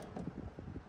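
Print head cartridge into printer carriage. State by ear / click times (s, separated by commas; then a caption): not seated / none. A plastic print head cartridge is handled as it is inserted into the carriage of an HP Smart Tank 580 printer. Only soft, low rustling and faint handling noise is heard over a steady background hum, with no sharp hits. Nothing has seated or clicked yet.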